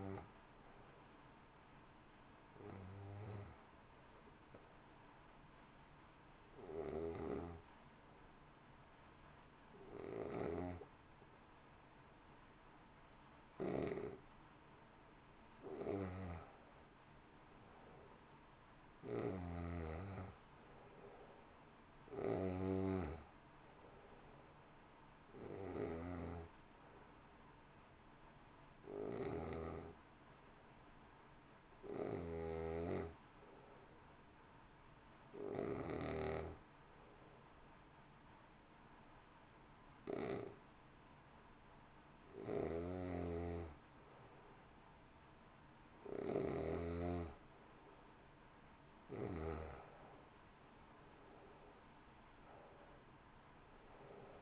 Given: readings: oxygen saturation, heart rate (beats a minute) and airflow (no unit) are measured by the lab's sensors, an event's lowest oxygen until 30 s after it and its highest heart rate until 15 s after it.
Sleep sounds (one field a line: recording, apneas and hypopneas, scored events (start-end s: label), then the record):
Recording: breathing in sleep by a voice recorder at the bedside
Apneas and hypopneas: 2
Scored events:
3.00-17.90 s: hypopnea (N2, oxygen 94% highest, then 88% lowest, heart rate 54 at the start, 63 highest)
27.00-46.80 s: hypopnea (N2, oxygen 92% highest, then 88% lowest, heart rate 61 at the start, 64 highest)
From the record:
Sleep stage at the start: N2 (light sleep)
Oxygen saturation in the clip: 88 to 94%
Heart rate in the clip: 54 to 64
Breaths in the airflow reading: 14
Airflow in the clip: -1.4 to 2.5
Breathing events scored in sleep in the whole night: 328 in 6.3 hours asleep